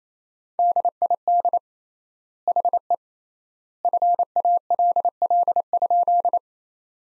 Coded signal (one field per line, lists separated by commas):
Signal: Morse code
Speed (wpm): 27 wpm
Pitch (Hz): 700 Hz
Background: none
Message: DID HE FALL?